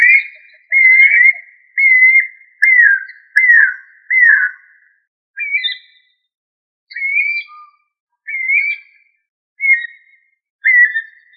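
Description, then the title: Bird song of clear whistled notes near one pitch, many sliding downward, given in a run of many phrases with short gaps, the later ones quieter. "LuckyPassaro Completos2Sama"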